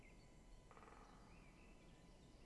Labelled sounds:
Great Spotted Woodpecker (Dendrocopos major)
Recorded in Germany
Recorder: ecoPi

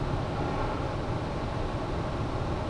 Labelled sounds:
none
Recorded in Germany
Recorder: ecoPi

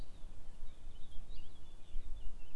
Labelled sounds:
Eurasian Blackcap (Sylvia atricapilla)
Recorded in Germany
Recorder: ecoPi

